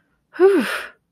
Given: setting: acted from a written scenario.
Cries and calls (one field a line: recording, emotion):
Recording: vocal sound without words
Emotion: relief